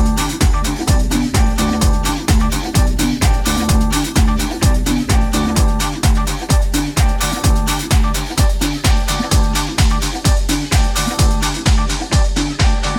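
Dance music of the kind played at bumper cars, driven by a steady, punchy kick drum at roughly two beats per second. Deep bass notes shift beneath crisp, bright percussion, and the loudness stays even and dense from start to finish.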